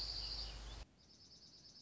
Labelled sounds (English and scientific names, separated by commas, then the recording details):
Dark-eyed Junco (Junco hyemalis)
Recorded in Sonoma County, California